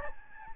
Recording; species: mosquito wingbeat signal from an infrared sensor; Aedes albopictus